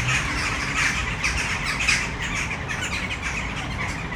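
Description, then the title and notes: Western jackdaws calling together, overlapping short 'chak' notes with a few louder calls standing out, over a faint low hum. A tree full of jackdaws at Malinovského square, Brno city centre, Czech Republic, recorded at sunset. "Malinovského nám. 571/1, 602 00 Brno-střed-Brno-město, Česko - Western jackdaws at sunset. A tree full of jackdaws in the city center of Brno"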